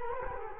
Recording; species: mosquito wingbeat signal from an infrared sensor; Culex quinquefasciatus